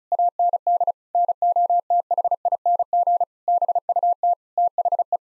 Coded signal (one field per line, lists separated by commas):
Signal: Morse code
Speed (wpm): 34 wpm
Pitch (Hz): 700 Hz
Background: none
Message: AND NOTHING BUT THE